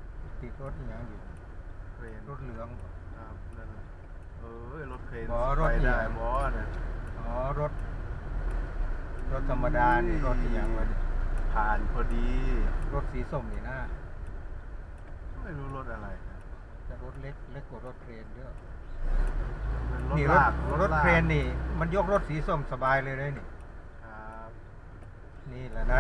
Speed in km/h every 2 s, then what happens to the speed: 4, 4, 2, 5, 8, 9, 8, 7, 5, 3, 5, 4, 2.
0-5 steady at about 4. 5-10 pulls away to 9. 10-26 steady at about 5.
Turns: none.